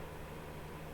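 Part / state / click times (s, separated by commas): plastic brick piece onto side of brick raft / not seated / none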